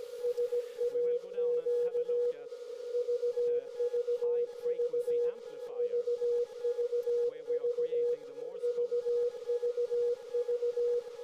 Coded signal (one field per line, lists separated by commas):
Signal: Morse code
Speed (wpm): 17 wpm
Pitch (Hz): 480 Hz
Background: speech, radio noise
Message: SAQ VVV VVV VVV